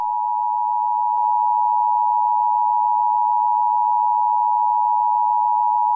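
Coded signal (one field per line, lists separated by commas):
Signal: Emergency Alert System (SAME) tones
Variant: 853 and 960 Hz attention tone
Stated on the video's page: Fictional EAS scenario, South Park themed.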